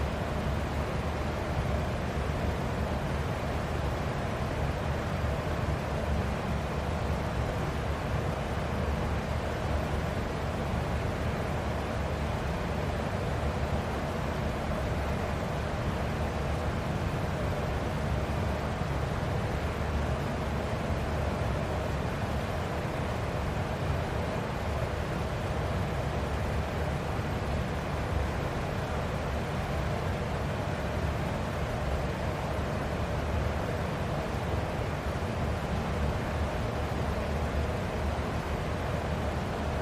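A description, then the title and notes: A fan runs steadily for the whole stretch, a dense, even whoosh weighted toward the low and middle range with a faint tonal hum riding on top. Nothing changes or interrupts it; the loudness holds flat from start to finish. Fan White Noise.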